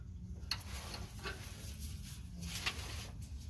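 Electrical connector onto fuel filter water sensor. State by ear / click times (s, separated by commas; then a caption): seated / 0.5 s. An electrical plug is pushed back onto the water-in-fuel sensor on the rear fuel filter housing of a RAM 3500. A sharp click at 0.5 s, over a steady low hum, shows the connector seating fully into place.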